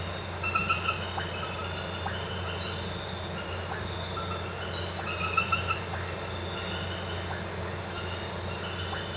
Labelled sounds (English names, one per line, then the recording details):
none
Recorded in pastures near Puerto Asís, Putumayo, Colombia, on 9 March 2025 at 23:00
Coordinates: 0.466, -76.322
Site CSA-02